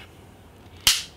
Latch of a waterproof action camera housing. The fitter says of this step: and then it snaps